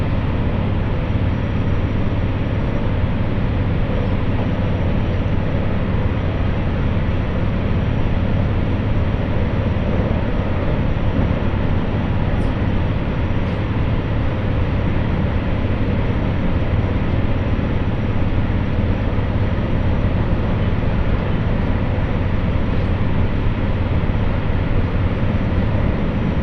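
A train on the Muroran Main Line runs between Koboro and Tōya, its ride a steady, dense roar weighted toward a deep rumble. The level barely changes throughout. A couple of faint, sharp ticks sound around the middle, and otherwise the noise holds evenly.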